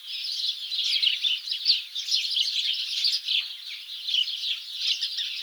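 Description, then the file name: House sparrows chirping together in a dense, continuous chorus of overlapping high chirps, swelling and fading slightly, with no gaps throughout. "Passer domesticus"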